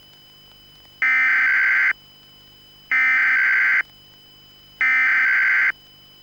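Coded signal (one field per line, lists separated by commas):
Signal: Emergency Alert System (SAME) tones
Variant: header bursts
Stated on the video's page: Mock EAS Local Area Emergency warning, not a real alert.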